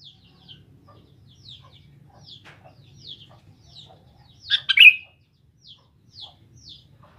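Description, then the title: Sooty-headed bulbul: faint thin chirps repeated at intervals, broken by one loud bubbly whistled phrase, with a soft low hum. "Kutilang"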